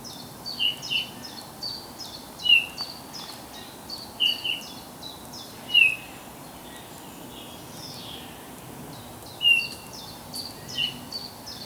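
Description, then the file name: Eurasian bullfinch calls: soft, short whistled notes given singly at irregular intervals, over a steady hiss with rhythmic higher chirping from another bird or insect. "Pyrrhula pyrrhula"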